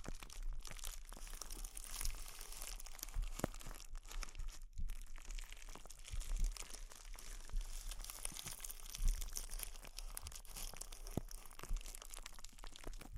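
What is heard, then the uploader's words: Intense close-up crinkles fill the whole clip, a dense, bright crackling of crumpled material with no letup. Sharper crunches and snaps poke out every second or so, with a brief near-silent gap just before the five-second mark. ASMR Intense Close-Up Crinkles (No Talking).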